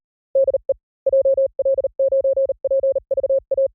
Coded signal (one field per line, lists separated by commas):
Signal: Morse code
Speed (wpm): 38 wpm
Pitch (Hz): 590 Hz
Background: none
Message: DE JL9PVA